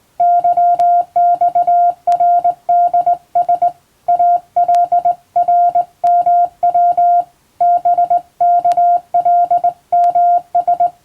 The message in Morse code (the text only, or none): YXRDS ALRMW BKLMS